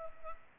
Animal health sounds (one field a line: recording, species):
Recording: mosquito wingbeat signal from an infrared sensor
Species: Culex pipiens